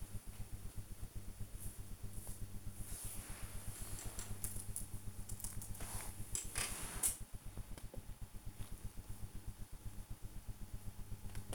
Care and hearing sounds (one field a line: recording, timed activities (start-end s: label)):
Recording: household activities, microphone on the right wrist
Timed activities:
0.00-6.63 s: build with lego